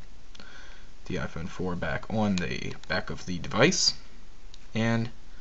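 A replacement carbon fiber and stainless steel back cover for an iPhone 4 is being placed onto the back of the phone, with a couple of faint, brief ticks near the start while someone talks. The cover has not yet been pushed down, and nothing has seated or clicked into place yet.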